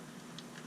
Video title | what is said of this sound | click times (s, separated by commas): DIY Water Heater Thermopile Thermocouple Repair Replace | your red and white, snap back in, push back in here. | 0.4 s